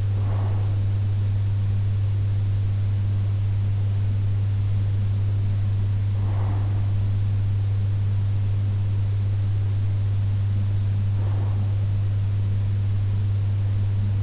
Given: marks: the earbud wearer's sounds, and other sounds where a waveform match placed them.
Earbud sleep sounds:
sounds in sleep by an in-ear microphone; breath
0.00-2.00 s: breath
6.00-8.00 s: breath
10.00-12.00 s: breath

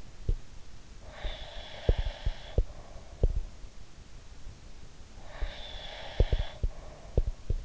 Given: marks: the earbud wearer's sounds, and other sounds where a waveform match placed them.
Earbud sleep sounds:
sounds in sleep by an in-ear microphone; breath
0.00-0.37 s: sound from someone else or the room
1.02-3.49 s: breath
1.19-3.49 s: sound from someone else or the room
5.23-7.65 s: breath
5.38-7.65 s: sound from someone else or the room

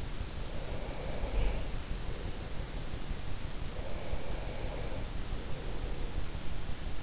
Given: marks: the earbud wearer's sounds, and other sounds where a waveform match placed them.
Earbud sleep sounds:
sounds in sleep by an in-ear microphone; breath
0.51-3.10 s: breath
3.45-6.30 s: breath

